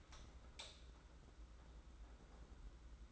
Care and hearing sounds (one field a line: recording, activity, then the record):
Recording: daily activity, microphone in the room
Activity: light on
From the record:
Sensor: 3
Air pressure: 991.9 hPa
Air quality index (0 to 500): 220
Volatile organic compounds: 1000 ppm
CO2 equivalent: 7552 ppm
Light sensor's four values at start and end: 16/38/15/14 and 18/45/18/17